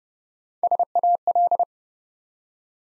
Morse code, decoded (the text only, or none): SAL